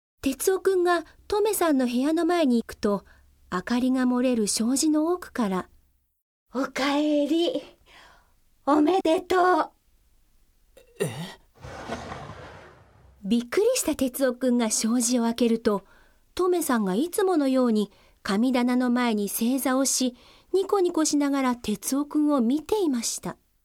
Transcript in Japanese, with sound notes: 哲男君がとめさんの部屋の前に行くと、明かりが漏れる障子の奥から…。
お帰り。おめでとう！…
え？
（障子開ける） びっくりした哲男君が障子を開けると、とめさんがいつものように神棚の前に正座をし、ニコニコしながら哲男君を見ていました。…